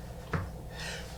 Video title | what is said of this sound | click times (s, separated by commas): Design Boards - Urban Elementz | just clicked into place so now I know that I am in the right position so I | 0.3 s